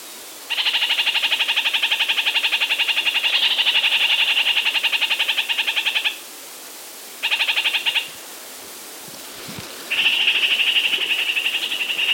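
Red-crowned parakeet with rapid, rhythmic chattering in long trains, one brief burst in the middle and a final sustained run.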